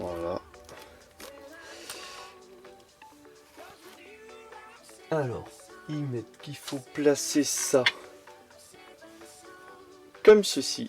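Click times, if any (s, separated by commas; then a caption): none. A plastic part from a 1/8-scale Altaya K2000 model car kit is positioned into the front suspension assembly as the instructions say, just before pressing it home. Someone talks over background music, with soft handling taps of the plastic part. Nothing has seated or clicked yet.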